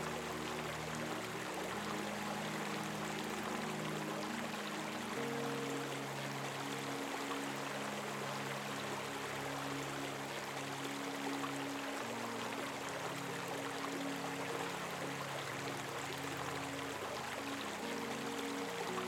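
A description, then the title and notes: A murmuring stream runs steadily throughout, a dense, even hiss of flowing water with a bright texture. Beneath it, soft sustained low tones of a gentle melody hold and shift to new notes around five and twelve seconds. Reassuring Murmur of the STREAM and a Gentle MELODY. Soothing sound of a murmuring stream. Let yourself be enveloped by a soft and harmonious melody.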